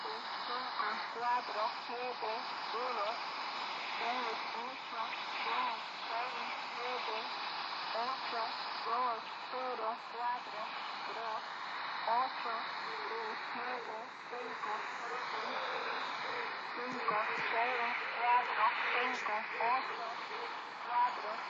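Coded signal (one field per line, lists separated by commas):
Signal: numbers station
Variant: V02 Spanish lady, Spanish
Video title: 10345khz spanish lady V02 Number station HM01 Zahlensender 2014.6.29 Shortwave Kurzwelle DX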